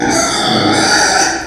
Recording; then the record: squeal of a Yucatan mini pig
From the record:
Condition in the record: before surgery on the right vocal fold (resection and tissue-engineered implant); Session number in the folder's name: 3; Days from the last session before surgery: 0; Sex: female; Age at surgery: 19 weeks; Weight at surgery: 25 kg